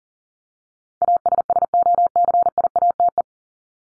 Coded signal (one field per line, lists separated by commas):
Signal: Morse code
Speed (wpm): 40 wpm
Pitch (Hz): 700 Hz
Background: none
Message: ASSOCIATE